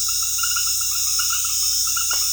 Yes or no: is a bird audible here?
no